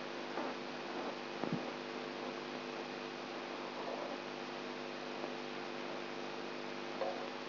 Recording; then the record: brain microelectrode recording played as sound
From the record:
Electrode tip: outside the subthalamic nucleus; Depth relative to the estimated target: 3 mm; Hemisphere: right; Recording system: AlphaMap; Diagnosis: Parkinson's disease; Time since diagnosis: 13 years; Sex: female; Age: 63 years